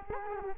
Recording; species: mosquito wingbeat signal from an infrared sensor; Culex quinquefasciatus